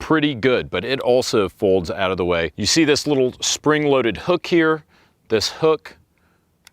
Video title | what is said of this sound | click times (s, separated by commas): TFB TV Jumped In Feet-First With Full Conceal | clamps into the top portion of the frame, and now the gun is locked into place. | 6.7 s